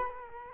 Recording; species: mosquito wingbeat signal from an infrared sensor; Culex quinquefasciatus